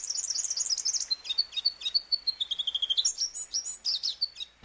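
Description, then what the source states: Sunbird song: rapid, high-pitched twittering, with jumbled chirps that slide down into a series of short clipped notes and then jump back up into fast, sharp trills. Lives on isolated mountaintops, or sky islands, in eastern Africa; its song appears to have stayed nearly unchanged over millennia.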